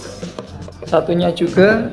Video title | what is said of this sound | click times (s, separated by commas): Cara Merakit Kabel LAN Sendiri: Mudah dan Rapi! | sampai bunyi klik. | 0.4 s